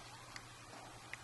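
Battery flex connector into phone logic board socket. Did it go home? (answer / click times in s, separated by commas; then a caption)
yes / 1.1 s. A phone battery flex connector is pressed back onto its socket on the logic board during an iPhone 5 LCD repair. Over a steady low hum, a faint tick sounds at 0.4 s, then a sharper, brighter snap at 1.1 s as the connector seats into place.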